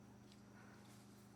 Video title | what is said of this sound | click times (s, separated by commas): TRM Knives: Are They the Best USA Made EDC Knives? | and then lock open with that spring tension. | 0.3 s